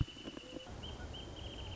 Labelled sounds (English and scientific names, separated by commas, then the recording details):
Wrentit (Chamaea fasciata)
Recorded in Sonoma County, California